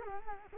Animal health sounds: mosquito wingbeat signal from an infrared sensor; Culex quinquefasciatus

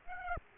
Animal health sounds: mosquito wingbeat signal from an infrared sensor; Aedes aegypti

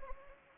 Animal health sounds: mosquito wingbeat signal from an infrared sensor; Anopheles gambiae

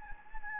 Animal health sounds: mosquito wingbeat signal from an infrared sensor; Anopheles gambiae

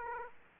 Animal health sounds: mosquito wingbeat signal from an infrared sensor; Aedes aegypti

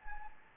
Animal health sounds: mosquito wingbeat signal from an infrared sensor; Anopheles gambiae

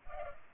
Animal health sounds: mosquito wingbeat signal from an infrared sensor; Culex pipiens

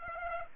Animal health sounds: mosquito wingbeat signal from an infrared sensor; Aedes aegypti

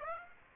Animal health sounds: mosquito wingbeat signal from an infrared sensor; Aedes aegypti

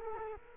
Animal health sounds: mosquito wingbeat signal from an infrared sensor; Culex quinquefasciatus

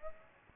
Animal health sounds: mosquito wingbeat signal from an infrared sensor; Aedes aegypti

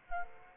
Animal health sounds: mosquito wingbeat signal from an infrared sensor; Aedes aegypti

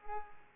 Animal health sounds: mosquito wingbeat signal from an infrared sensor; Culex pipiens

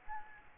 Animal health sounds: mosquito wingbeat signal from an infrared sensor; Aedes albopictus

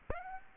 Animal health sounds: mosquito wingbeat signal from an infrared sensor; Aedes aegypti

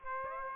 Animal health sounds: mosquito wingbeat signal from an infrared sensor; Aedes aegypti

